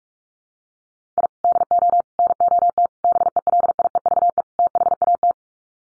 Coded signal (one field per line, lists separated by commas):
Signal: Morse code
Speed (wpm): 44 wpm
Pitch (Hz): 700 Hz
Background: none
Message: I DO NOT BELIEVE THAT